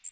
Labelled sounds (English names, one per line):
Magnolia Warbler flight call